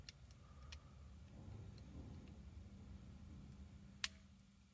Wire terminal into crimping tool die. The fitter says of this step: i get a click like it holds all right so now it's holding